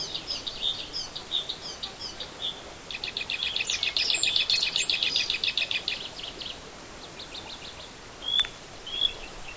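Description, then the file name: Bluethroat song: scattered high notes, then a fast metallic rattle of repeated notes, ending with a few isolated sharp calls. Black-faced bunting and dusky warbler songs in background. "L svecica-song backgr-E spod-Ph fusc-songs"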